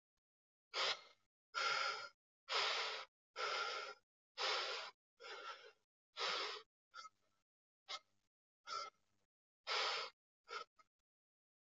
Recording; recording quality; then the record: shallow breathing; excellent, no background noise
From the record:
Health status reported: healthy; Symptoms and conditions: none ticked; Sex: male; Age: 32 years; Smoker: not ticked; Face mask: not worn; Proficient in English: yes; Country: India